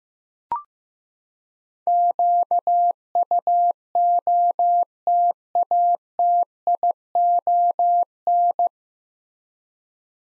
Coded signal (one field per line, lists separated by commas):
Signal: Morse code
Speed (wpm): 15 wpm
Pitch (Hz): 700 Hz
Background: none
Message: QUOTATION